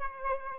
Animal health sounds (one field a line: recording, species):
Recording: mosquito wingbeat signal from an infrared sensor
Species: Aedes aegypti